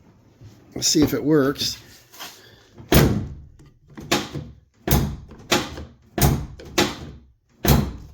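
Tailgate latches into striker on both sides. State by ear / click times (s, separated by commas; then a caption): seated / 4.1 s, 5.5 s. Someone talks, then the tailgate of a Nissan Frontier is closed with very little pressure after a repair, producing a series of solid thunks. The tailgate latches into the strikers on both sides, with the latch clicks at 4.1 s and 5.5 s, confirming it closes properly.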